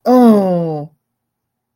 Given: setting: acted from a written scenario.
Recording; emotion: vocal sound without words; distress